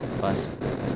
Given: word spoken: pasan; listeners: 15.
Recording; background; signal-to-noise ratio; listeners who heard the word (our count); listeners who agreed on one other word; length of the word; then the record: one Spanish word in noise, from a listening test; noise modulated by three-talker babble; -3.2 dB; 0 of 15; 13 of 15; 0.56 s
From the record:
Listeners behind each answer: 13, 1, 1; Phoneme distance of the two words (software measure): 7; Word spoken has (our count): 2 syllables, 5 phonemes, stress on syllable 1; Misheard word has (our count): 2 syllables, 4 phonemes, stress on syllable 1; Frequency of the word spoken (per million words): 37.49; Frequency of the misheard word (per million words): 154.05